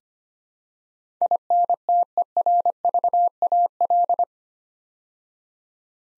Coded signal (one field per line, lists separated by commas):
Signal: Morse code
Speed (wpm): 25 wpm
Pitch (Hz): 700 Hz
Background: none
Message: INTERVAL